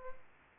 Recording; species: mosquito wingbeat signal from an infrared sensor; Aedes aegypti